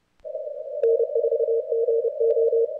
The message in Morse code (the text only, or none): N4GO